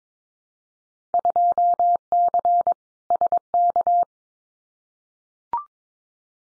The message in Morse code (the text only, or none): 2C SK